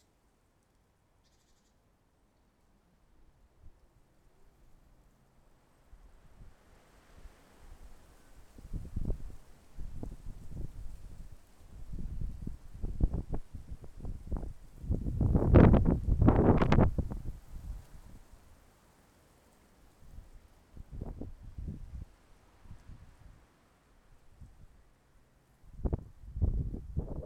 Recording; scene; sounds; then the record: everyday scene through a hearing-aid microphone; wind on the microphone; wind, traffic, birds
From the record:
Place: suburban garden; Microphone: behind the ear, left, front